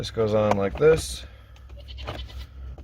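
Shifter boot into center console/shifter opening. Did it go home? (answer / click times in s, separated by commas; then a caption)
no / none. Someone talks while working one-handed to fit the gear shifter boot back onto its mount in the center console of a Jeep Cherokee XJ 4.0L after a clutch replacement. After the talking comes quiet rustling and scraping as the boot is handled. The boot has not seated or clicked into place yet.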